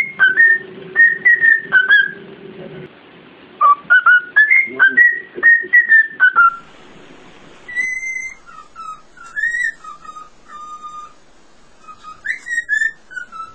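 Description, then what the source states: Cockatiel whistling a tune of clear level and falling notes in fast bursts, first over a hissing background, then cleaner with wavering phrases. Song for training cockatiels.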